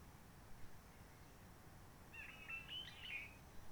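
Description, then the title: Réunion bulbul: a single short squeaky, jumbled Réunion bulbul phrase arrives near the end, after a few seconds of quiet hiss. Roche Merveilleuse, Réunion; forest quiet since lockdown of 19 March 2020, no visitors, microlights or helicopters; sunny blue sky; birds not very active; song simpler, short phrases adapted to past aircraft noise. "Roche Merveilleuse, Réunion - Merle de lîle de la Réunion."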